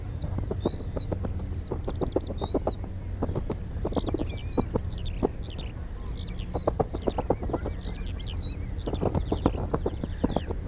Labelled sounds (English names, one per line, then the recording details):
Ruff call
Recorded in the wild
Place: Insel Kirr, Insel Rügen, Mecklenburg-Vorpommern, DE
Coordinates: 54.421, 12.705
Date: 1970-05-23
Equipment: Nagra III BH, Sennheiser MD 421
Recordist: Schubert, Michael